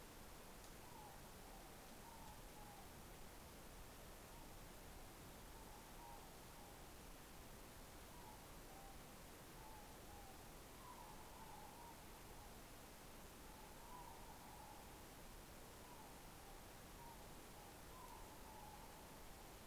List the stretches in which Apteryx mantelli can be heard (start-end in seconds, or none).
none